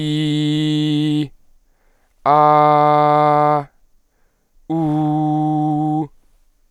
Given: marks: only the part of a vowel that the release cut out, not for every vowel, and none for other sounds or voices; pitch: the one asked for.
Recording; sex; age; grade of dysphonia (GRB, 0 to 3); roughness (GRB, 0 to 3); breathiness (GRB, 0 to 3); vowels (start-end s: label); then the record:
sustained vowels; male; 20 to 29 years; 0; 0; 0
0.00-1.18 s: vowel /i/, high pitch
2.32-3.55 s: vowel /a/, high pitch
4.77-5.90 s: vowel /u/, high pitch
From the record:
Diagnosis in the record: healthy voice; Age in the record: 22 years